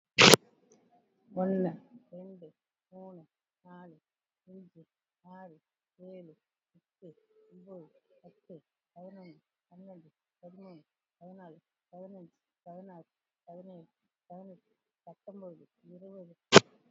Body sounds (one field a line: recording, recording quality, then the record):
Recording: counting at a normal pace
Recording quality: excellent, no background noise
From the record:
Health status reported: COVID-19 positive, moderate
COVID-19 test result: positive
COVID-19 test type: RT-PCR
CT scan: not taken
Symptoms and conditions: fever, diabetes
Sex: female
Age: 52 years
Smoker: no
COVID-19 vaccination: one dose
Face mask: worn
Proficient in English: yes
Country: India